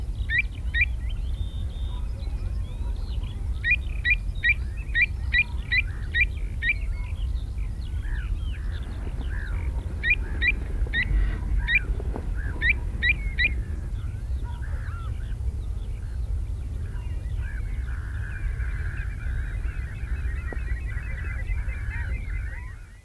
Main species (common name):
Pied Avocet